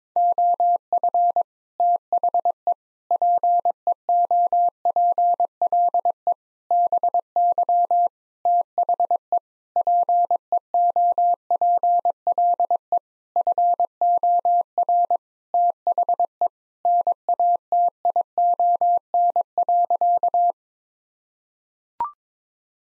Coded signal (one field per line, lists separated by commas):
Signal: Morse code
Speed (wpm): 22 wpm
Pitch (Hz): 700 Hz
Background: none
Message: OF THE PEOPLE BY THE PEOPLE FOR THE NATION.